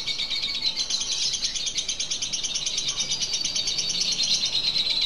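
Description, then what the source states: Lovebird chattering call: quick, shrill, buzzy chatter running continuously over a noisy background hiss. Lutino lovebird; ngekek chattering call, used for training.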